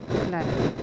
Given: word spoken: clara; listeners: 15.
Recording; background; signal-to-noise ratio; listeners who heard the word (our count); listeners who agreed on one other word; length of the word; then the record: one Spanish word in noise, from a listening test; noise modulated by three-talker babble; -4.1 dB; 0 of 15; 10 of 15; 0.43 s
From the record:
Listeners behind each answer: 10, 1, 1, 1, 1, 1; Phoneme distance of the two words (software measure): 10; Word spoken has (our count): 2 syllables, 5 phonemes, stress on syllable 1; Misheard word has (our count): 2 syllables, 5 phonemes, stress on syllable 1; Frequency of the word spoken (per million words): 82.55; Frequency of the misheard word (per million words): 226.72